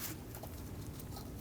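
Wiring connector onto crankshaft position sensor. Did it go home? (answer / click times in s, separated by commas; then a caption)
no / none. The wiring connector is being pushed onto a new crankshaft position sensor on a 2012–2022 Volkswagen Passat, with a steady low rustle of handling and a brief sharp sound at about 0.4 s. The connector has not seated or clicked in yet.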